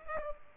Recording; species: mosquito wingbeat signal from an infrared sensor; Culex pipiens